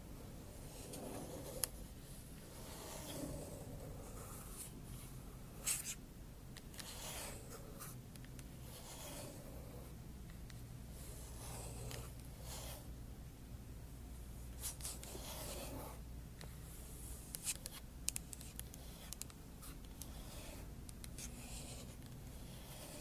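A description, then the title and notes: Scratching and tapping sounds come in short, irregular bursts, some dry and hissy, others quick sharp taps, spaced every second or two across the clip. A low, steady hum runs underneath throughout, and the overall level stays fairly even. Scratching & Tapping ASMR.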